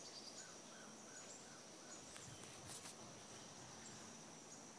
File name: Cicada Insects 8 26 13 8 01 AM